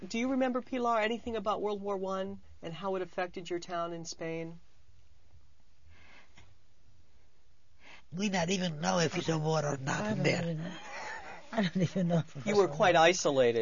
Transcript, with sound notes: Do you remember, Pilar, anything about World War I and how it affected your town in Spain?
We not even know if it's a war or not there. ( she laughs )
You were quite isolated.